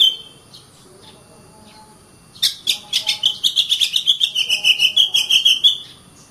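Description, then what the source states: Oriental magpie-robin: a few soft whistles, then a fast series of chattering notes lasting about three seconds. Kacer master song recording.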